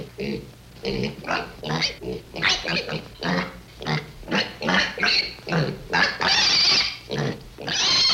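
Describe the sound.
Pig grunts repeated in quick pulses, with shrill squeals toward the end.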